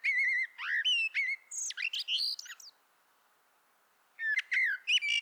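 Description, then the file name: Common blackbird delivering a long fluty warble of rising and falling whistles that breaks into high chattering notes, then pauses before a shorter whistled phrase. "Turdus merula"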